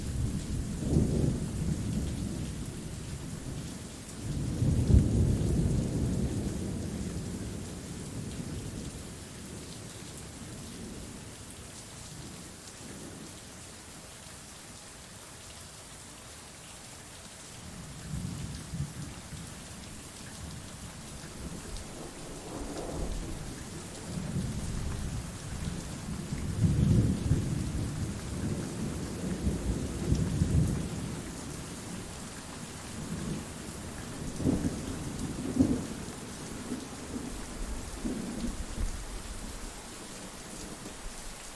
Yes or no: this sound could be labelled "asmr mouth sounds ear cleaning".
no